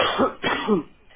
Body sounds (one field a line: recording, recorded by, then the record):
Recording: voluntary cough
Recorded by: telephone call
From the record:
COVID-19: positive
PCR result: checked with the laboratory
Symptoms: no